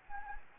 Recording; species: mosquito wingbeat signal from an infrared sensor; Anopheles gambiae